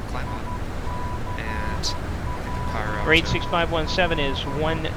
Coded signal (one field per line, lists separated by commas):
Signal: Morse code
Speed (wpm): 12 wpm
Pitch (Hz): 990 Hz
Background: speech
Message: ICJL